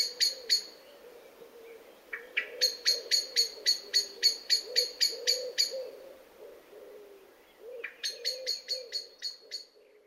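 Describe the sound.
Bird giving bursts of rapid, high, clicking notes, roughly four per second, broken by brief gaps, with a faint low hum underneath throughout.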